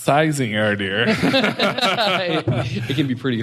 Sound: laughter